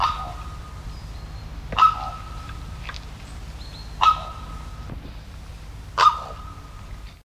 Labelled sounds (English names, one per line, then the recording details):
Common Raven call
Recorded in captivity
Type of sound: call
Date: 1977-09-22
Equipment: Halbspur, 9,5 cm/s
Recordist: Lütgens, Hans
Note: Wisentgehege: Rufe